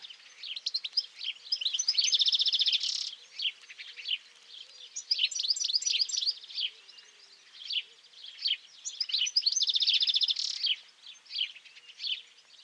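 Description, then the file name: European goldfinch delivering bursts of sparkling, rapid twitters and trills separated by brief gaps, including repeated nasal buzzes; soft low hum in the background. "Carduelis carduelis"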